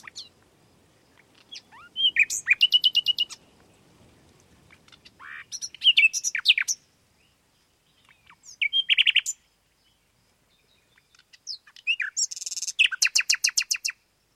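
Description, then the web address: Common nightingale song: separate phrases mixing rapid repeated notes, high buzzy trills and sharp whistled notes, with pauses between. "Sound Effects-BBC Birds Nightingales"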